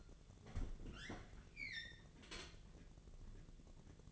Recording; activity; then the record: daily activity, microphone in the room; open fridge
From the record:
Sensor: 4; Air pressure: 1000.9 hPa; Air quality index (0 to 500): 130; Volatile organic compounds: 1 ppm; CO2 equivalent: 971 ppm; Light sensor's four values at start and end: 30/71/30/33 and 30/72/30/33